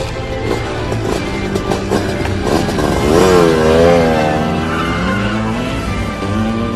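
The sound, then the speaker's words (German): A loud motorcycle engine idles roughly, then revs up in a wavering, rising-and-falling drone through the middle before settling back to a steady rumble. “Nein, ich kann kein Motorrad fahren.”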